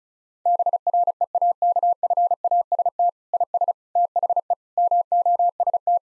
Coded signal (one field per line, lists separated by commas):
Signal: Morse code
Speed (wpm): 36 wpm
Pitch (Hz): 700 Hz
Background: none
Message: BREAKFAST IS THE MOST